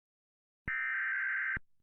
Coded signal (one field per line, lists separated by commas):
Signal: Emergency Alert System (SAME) tones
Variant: header bursts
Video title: All types of Emergency Alerts on television and Radio from the Emergency Alert System